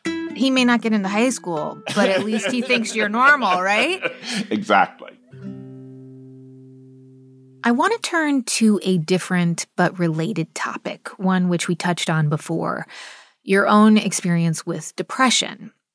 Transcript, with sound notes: He may not get in the high school, but at least he thinks you're normal, right?
(Laughter) Exactly.
I want to turn to a different but related topic, one which we touched on before, your own experience with depression.